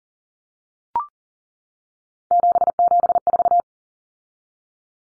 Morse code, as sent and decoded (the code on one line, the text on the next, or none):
--... --... ....-
774